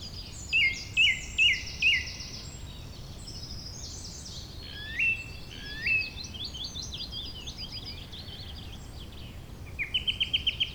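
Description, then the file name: Bird song: four quick slurred whistles, two rising phrases later, then a fast rattling run of repeated high notes, among a busy twittering chorus. "beautiful Birdsong"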